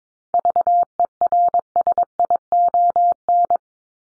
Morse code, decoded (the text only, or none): VERSION